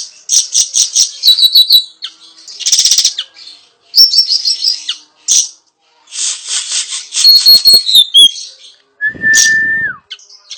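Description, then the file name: Siri-siri besar loud buzzy chirp series and thin descending whistles, ending with a lower steady whistled note that drops at its end. Sharp calls (tembakan tajam) used as a master recording for training cage birds. "Suara Siri Siri Besar Tembakan Tajam Untuk Masteran"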